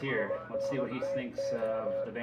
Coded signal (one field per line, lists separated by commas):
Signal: Morse code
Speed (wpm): 20 wpm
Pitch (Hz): 530 Hz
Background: speech, music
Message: INTO